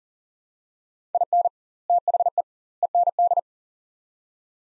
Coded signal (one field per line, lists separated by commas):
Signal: Morse code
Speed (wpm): 40 wpm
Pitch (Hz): 700 Hz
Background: none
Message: IN THE END